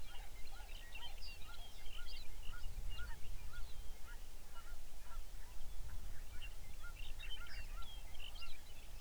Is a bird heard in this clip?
yes